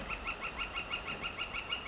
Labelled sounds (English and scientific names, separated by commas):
Northern Flicker (Colaptes auratus)